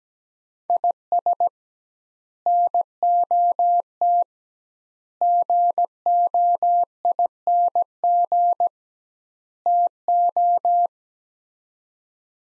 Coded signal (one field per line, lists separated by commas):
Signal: Morse code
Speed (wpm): 17 wpm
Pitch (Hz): 700 Hz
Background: none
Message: IS NOT GOING TO